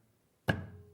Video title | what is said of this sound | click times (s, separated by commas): Sewing Street Live - 24/02/24 - HAPPY BIRTHDAY SEWING STREET - DAY 6 | just push that down until it clicks and there I've got my hole right okay | 0.5 s